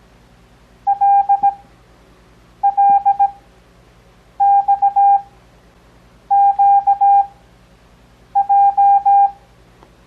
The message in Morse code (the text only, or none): LLXQJ